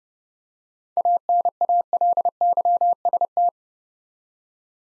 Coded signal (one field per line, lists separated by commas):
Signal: Morse code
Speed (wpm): 30 wpm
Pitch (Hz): 700 Hz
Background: none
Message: ANALYST